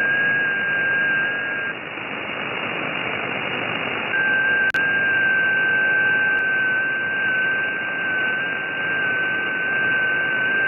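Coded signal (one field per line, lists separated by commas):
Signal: FT8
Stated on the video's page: 6m FT8 received in southeast Botswana on a FunCube Dongle Pro+ with a Band I dipole; European signals via sporadic-E plus TEP, others via TEP, South Africa via groundwave.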